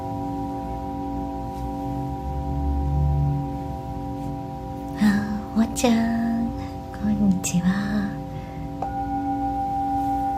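A Tibetan singing bowl hums steadily throughout, its layered ringing tones holding level with a low drone underneath. From about five to eight seconds a voice speaks in short bursts over it, and near nine seconds a new, brighter ring joins and sustains to the end.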